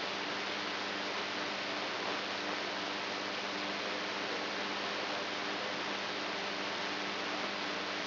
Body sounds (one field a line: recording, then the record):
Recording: brain microelectrode recording played as sound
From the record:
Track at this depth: inside the subthalamic nucleus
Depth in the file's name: 3.916 mm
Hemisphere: right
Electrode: 2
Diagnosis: Parkinson's disease